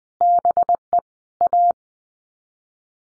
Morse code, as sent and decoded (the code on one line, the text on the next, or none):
-... . / .-
BE A